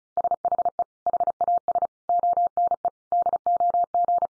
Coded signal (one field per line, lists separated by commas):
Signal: Morse code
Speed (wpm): 34 wpm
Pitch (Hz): 700 Hz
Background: none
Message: SHE HAS ONE DOG